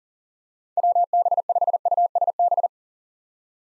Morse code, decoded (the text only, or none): WB5USB